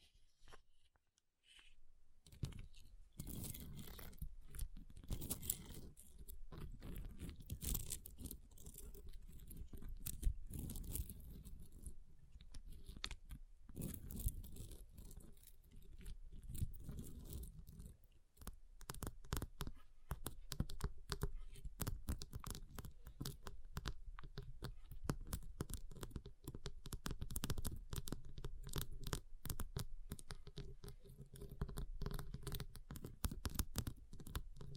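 Ice is tapped, scratched and carved in dense, rapid bursts of crunchy, scraping clicks, near-silent at first, then continuing steadily with brief pauses.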